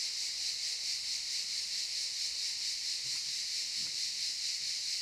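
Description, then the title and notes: Cicadas in an unbroken shrill buzzing chorus, pulsing evenly about twice a second. Cicadas in the pine forest of a campsite at Albinia, Grosseto, Tuscany, Italy. "Camping Africa, Via Aurelia, Albinia, Grosseto, Toscana, 58015, Italia - Cicale nel campeggio. Cicale nella pineta del campeggio. Cicadas in the pine forest of the campsite"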